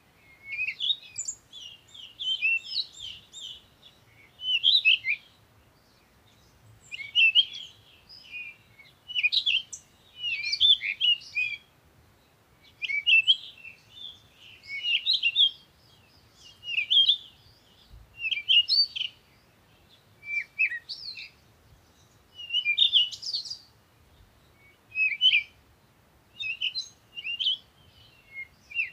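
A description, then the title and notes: Morning birds sing in quick, bright bursts of chirps and twittering phrases, each lasting a second or two and repeating every few seconds across the whole stretch. Between phrases there are short silences, with only a faint low rumble underneath. The sounds of these morning birds.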